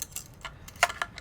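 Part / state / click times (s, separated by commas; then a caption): bolt assembly into a paintball marker body / not seated / none. A bolt assembly is handled at the rear of an Empire Axe paintball marker body, producing a string of light, sharp metallic ticks, with the strongest near the middle of the clip. Nothing has seated or locked into place yet.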